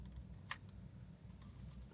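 The front grille of a Jisulife desk fan with a built-in battery is put back onto the fan body and twisted until its latch catches. A sharp click at 0.5 s, with faint ticks around it over a low hum, marks the grille twist-locking securely in place.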